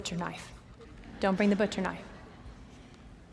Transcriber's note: laughter